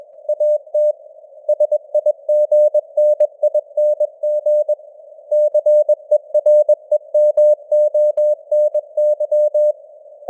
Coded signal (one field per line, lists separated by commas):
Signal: Morse code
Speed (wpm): 21 wpm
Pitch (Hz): 600 Hz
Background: none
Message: AT SIGNING CEREMONY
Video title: Morse Code News | 2025-10-25 | 21wpm